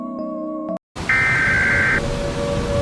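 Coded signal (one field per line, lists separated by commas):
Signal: Emergency Alert System (SAME) tones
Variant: header bursts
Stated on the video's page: A fictional alert scenario.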